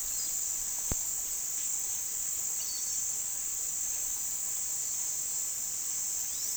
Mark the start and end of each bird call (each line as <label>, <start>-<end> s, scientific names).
Pteroglossus castanotis, 0.08-0.35 s
Pteroglossus castanotis, 2.57-2.88 s